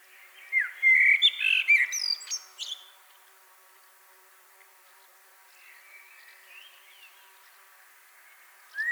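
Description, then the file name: Common blackbird song, a short burst of mellow whistles with squeaky flourishes, followed by long near-silence and faint twittering. "Turdus merula"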